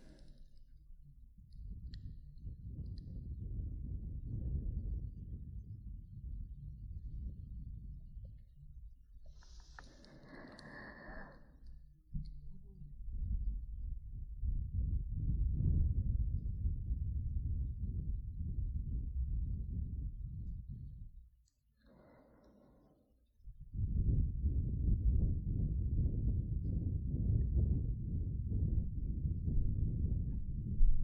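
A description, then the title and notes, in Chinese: Soft air blowing into the ear, a deep muffled rushing that swells and fades in long breaths. Around 10 seconds a brief brighter hiss and click cut in, and near 22 seconds the blowing stops for a short silence before resuming. 舒服的耳朵吹气。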